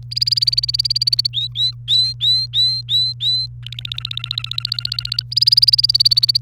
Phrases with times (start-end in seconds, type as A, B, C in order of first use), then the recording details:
0.11-1.27 A, 1.33-3.46 B, 3.62-5.23 C, 5.31-6.37 A. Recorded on 29 April 2018 at 12:47. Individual llb3